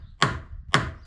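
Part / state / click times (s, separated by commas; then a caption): strut into a wooden frame / not seated / none. A wooden strut is hammered into position in a wooden frame. Two sharp, bright blows land at about 0.2 s and 0.7 s, each ringing out briefly over a low background rumble. Nothing has seated yet; the strut is not yet home.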